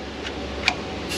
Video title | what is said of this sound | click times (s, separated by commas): KNOWN FACTORY DEFECT! BAD DESIGN!! 2017 Silverado 5.3 | you heard a little click | 0.7 s